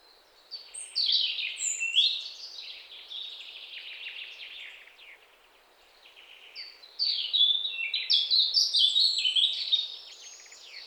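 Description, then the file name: European robin delivering a liquid, high-pitched warbled phrase, a few seconds of quieter notes, then a second rapid, jumbled burst of thin trills and whistles. "Erithacus rubecula"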